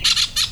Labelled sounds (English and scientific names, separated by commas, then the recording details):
Brown-throated Parakeet (Eupsittula pertinax) contact call
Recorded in Venezuela
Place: Cerro Saroche, Hato Dalmatela, Edo. Lara
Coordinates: 10.149, -69.534